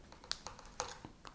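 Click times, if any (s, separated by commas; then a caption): 0.3 s, 0.8 s. The last section of a replacement leatherette ear cushion is pressed onto the plastic ear cup ring of a HyperX gaming headset (Cloud, Cloud II or CloudX). Sharp clicks at 0.3 s and 0.8 s, with fainter ticks between and after, mark its rim snapping into the groove. The cushion is now fully seated.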